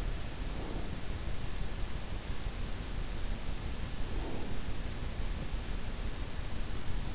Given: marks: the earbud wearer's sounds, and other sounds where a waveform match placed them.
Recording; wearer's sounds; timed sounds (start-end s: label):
sounds in sleep by an in-ear microphone; breath
0.35-0.99 s: breath
4.13-5.76 s: breath